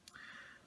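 A magnetic armor side piece is clipped onto the body of a plastic One 12 Collective Judge Dredd Cursed Earth (Previews exclusive) collectible action figure. A short, sharp tick at 0.1 s marks the magnet pulling the piece into place, followed by a softer tick and a faint steady high tone. The piece seats and sticks to the figure.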